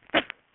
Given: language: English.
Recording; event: throat vibration sensor signal played as sound; cough